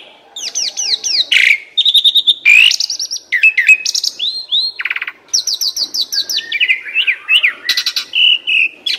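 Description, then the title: Asian pied starling song: long rich medley of slurred whistles, harsh bursts, rattles and chattering notes with few pauses. Training recording (masteran) used to teach caged birds that sing too little and are sluggish to sing more. "Masteran Jalak Suren AMPUH Dan EFEKTIF Atasi Burung KURANG GACOR Dan LOYO"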